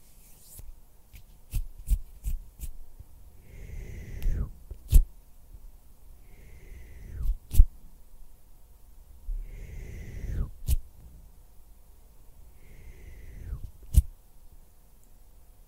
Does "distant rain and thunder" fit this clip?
no